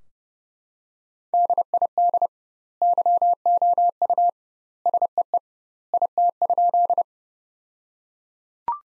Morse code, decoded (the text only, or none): DID YOU SEE IT?